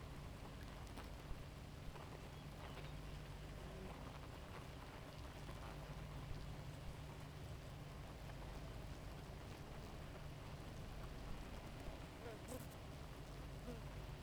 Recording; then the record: honeybee colony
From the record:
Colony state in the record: active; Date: 28 July 2017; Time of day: 4:04